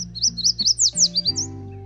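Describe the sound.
Yellow Warbler song: a quick run of high, bright, slurred whistles, with soft low music tones beneath.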